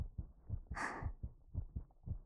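Steady, regular lub-dub adult heartbeat heard up close, with one soft breath over it.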